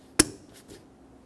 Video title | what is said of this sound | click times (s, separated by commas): How to Replace Mass Air Flow Sensor 2005-2021 Nissan Frontier 4.0L V6 | everything looks great slide it down till it clicks | 0.2 s